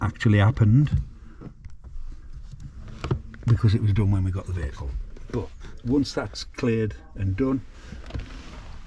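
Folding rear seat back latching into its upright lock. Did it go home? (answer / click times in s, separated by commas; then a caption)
yes / 8.1 s, 8.2 s. Someone talks while working on a Discovery Td5's folding rear seven-seat seat back, which would not open until its jammed mechanism was cleared. The seat back is then raised, and two quick sharp clicks at 8.1 s and 8.2 s mark its latch locking into place upright.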